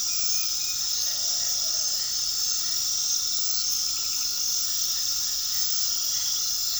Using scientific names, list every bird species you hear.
none